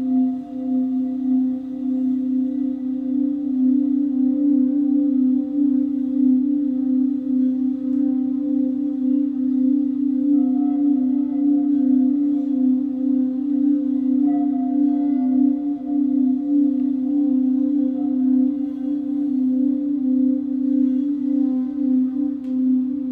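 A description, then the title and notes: Crystal singing bowls sustain a steady, unbroken low hum with faint higher overtones, the tone gently wavering in loudness throughout. Crystal singing bowls.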